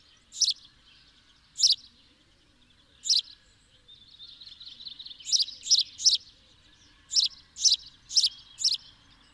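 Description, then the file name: House sparrow chirps, short harsh notes given singly and then in quick clusters of three or four, with a soft twittering between bursts. "Passer domesticus"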